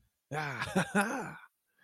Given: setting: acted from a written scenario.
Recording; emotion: vocal sound without words; triumph